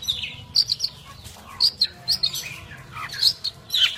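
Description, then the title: Long-tailed shrike song: scattered high chirps and brief squeaky phrases in uneven bursts, with short gaps. Champion songbird. "Kicau Burung Cendet Juara"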